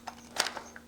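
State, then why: Not seated. An aluminium upper bulkhead upgrade part for a 1/5 scale RC truck build is handled against the truck chassis, its mating part, producing a few short, sharp knocks and taps near 0.1, 0.4, 0.5 and 0.6 seconds over a quiet background. The part has not yet seated or clicked into place.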